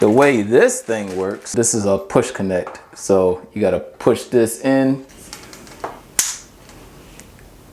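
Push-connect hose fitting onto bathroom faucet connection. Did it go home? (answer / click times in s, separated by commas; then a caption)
yes / 6.2 s. Someone talks while explaining a push-connect hose fitting for a FORIOUS matte black bathroom faucet, then pushes the fitting onto the faucet's connection. A few soft clicks follow, then a sharp snap at 6.2 s as the fitting seats onto the connection.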